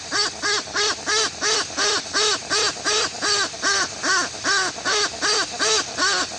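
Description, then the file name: Westland petrel song: a steady series of harsh, arched notes, evenly paced and loud throughout. "westland black petrel song"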